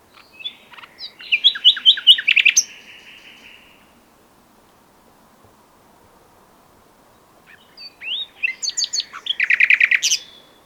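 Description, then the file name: Common nightingale song in two bursts: rapid rattling and fluty notes, a silent gap of several seconds, then another loud phrase of fast repeated chips. "Luscinia megarhynchos"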